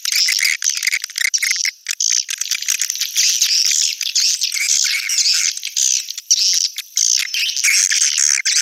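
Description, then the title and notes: Swiftlet chattering calls, a dense, continuous high buzzy twittering with rapid clicks and brief pauses throughout. Swiftlet sound used in swiftlet farming, Asia. "Swiflet Bird Sound. Farming Swiflet Bird asia sound"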